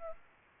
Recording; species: mosquito wingbeat signal from an infrared sensor; Aedes aegypti